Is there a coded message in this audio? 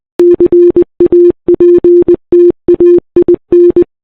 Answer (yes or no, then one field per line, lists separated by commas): yes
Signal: Morse code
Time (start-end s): 0.2-3.8 s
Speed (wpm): 20 wpm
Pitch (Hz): 350 Hz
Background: none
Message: CAPTAIN